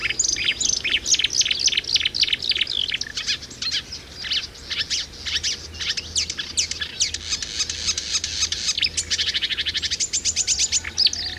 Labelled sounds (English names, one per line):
Marsh Warbler song